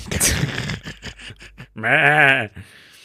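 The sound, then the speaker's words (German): A goat lets out one loud, quavering bleat lasting under a second, preceded by a burst of scuffling, clattering noises and a few soft knocks. “Sag mir bitte, dass der daran schuld ist, dass es eine riesige Ziegenplage in Australien gab, weil die sich unkontrolliert vermehrt haben.”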